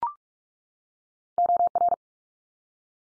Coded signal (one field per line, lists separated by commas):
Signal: Morse code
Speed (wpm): 44 wpm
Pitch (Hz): 700 Hz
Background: none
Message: OR